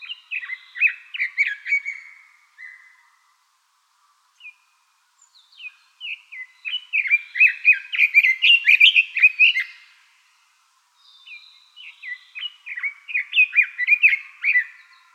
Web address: birdenaga sousityou S 150520